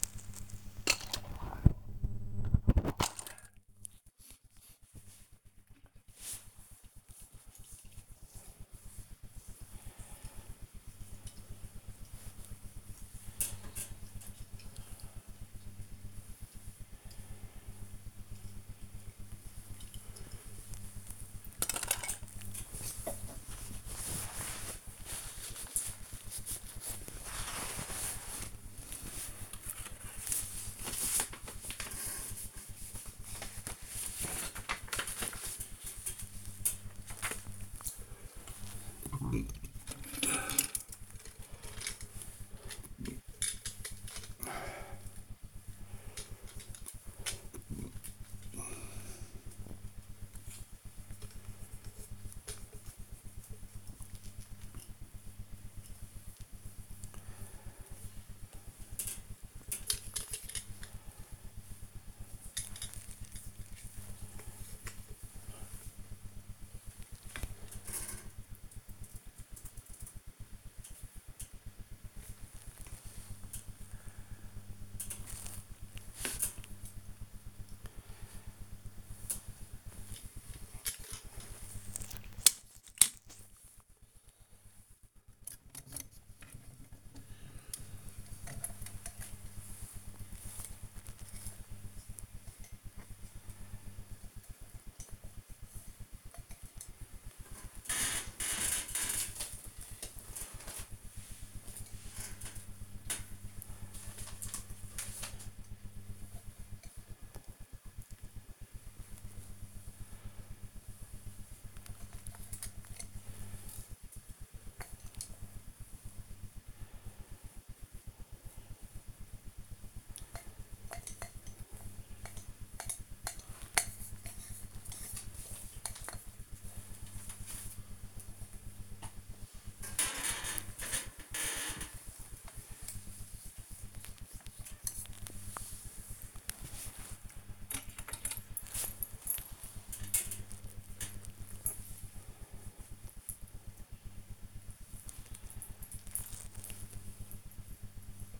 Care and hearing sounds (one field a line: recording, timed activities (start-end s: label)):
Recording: household activities, microphone on the right wrist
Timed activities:
0.00-66.69 s: dusting model cars
79.77-148.40 s: dusting model cars